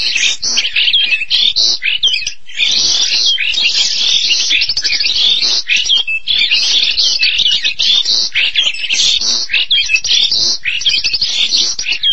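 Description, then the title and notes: Starling, a restless chattering song of mixed whistles, clicks and buzzy phrases, pausing briefly near two and a half seconds, then running on nonstop. "suara burung jalak"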